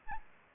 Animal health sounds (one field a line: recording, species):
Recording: mosquito wingbeat signal from an infrared sensor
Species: Aedes aegypti